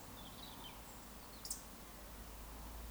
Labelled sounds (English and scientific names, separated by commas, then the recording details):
Eurasian Woodcock (Scolopax rusticola) whistle, Eurasian Woodcock (Scolopax rusticola) croak
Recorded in Baden-Württemberg, Germany, on 18 June 2021 at 19:24 UTC
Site 49334, 1074 m above sea level